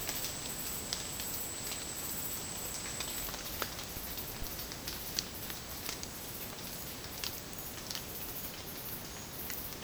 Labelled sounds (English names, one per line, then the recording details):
none
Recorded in secondary vegetation near Puerto Asís, Putumayo, Colombia, on 27 June 2025 at 13:00
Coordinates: 0.484, -76.319
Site G074